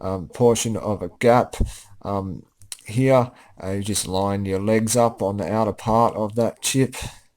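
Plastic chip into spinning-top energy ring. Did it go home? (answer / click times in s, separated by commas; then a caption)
no / none. Someone talks while a plastic chip is lined up with the outer part of a spinning-top energy ring, ready to be twisted to the right to lock it in. Nothing has clicked or seated yet.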